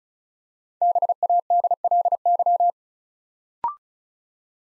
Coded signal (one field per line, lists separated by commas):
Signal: Morse code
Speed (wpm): 36 wpm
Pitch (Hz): 700 Hz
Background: none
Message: BADLY